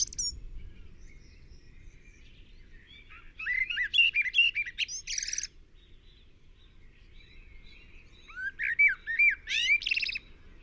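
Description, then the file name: Common blackbird singing rich warbled phrases with high squeaky flourishes, pausing between them. "Turdus merula"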